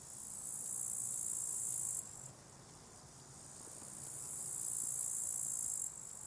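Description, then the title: High cricket trill swelling for two seconds, dropping to a softer level, then building again to a loud shimmering stretch before dropping back. Crickets at a small spot beside a hiking path with wild natural meadows at Lake Wolfgangsee, Strobl, Austria; some traffic audible; recorded with SD702t and MKH8040. "Strobl, Österreich - Grillen am Wolfgangsee"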